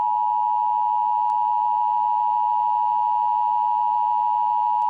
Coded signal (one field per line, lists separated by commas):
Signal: Emergency Alert System (SAME) tones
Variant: 853 and 960 Hz attention tone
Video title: Evacuation Immediate/Fire Warning: Siskiyou County, CA 9/2/22 | Emergency Alert System